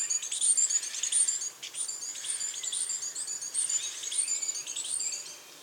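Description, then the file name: Great tit calling with continuous high, scratchy chirps in rapid runs, easing off briefly and then fading out at the end. "Parus major"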